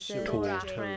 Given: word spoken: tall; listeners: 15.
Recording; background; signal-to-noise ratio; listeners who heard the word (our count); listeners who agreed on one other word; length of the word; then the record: one English word in noise, from a listening test; four-talker babble; 0.8 dB; 2 of 15; 6 of 15; 0.57 s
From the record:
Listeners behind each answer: 6, 2, 2, 1, 1, 1, 1, 1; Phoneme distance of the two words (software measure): 10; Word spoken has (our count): 1 syllable, 3 phonemes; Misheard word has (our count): 1 syllable, 3 phonemes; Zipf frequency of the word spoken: 4.51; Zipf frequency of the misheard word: 4.47